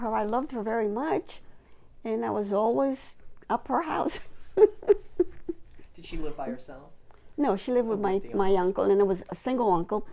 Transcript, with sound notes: I loved her very much. I was always up her house. (laughs)
Did she live by herself?
No. She lived with my uncle and it was a single uncle.